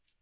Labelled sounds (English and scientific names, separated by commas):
Magnolia Warbler (Setophaga magnolia) flight call